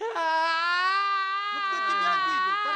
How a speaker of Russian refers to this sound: Ну кто тебя обидел, Тарталья? Ну ты чего? Тарташка, ну не знаю. Ну что ты плачешь? Если бы знали. Что? Что случилось-то? Ты чего ревешь-то?